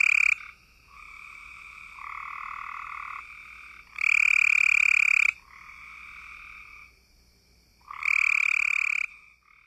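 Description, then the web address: Cope's gray treefrog giving two loud, harsh, buzzy trills, each over a second long, over softer trilling of other frogs throughout. Recorded in North America. "Songs of Frogs Toads of North America. Copes Gray Treefrog"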